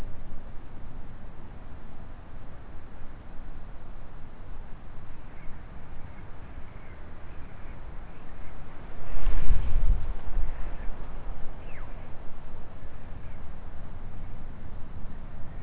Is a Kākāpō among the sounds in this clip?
no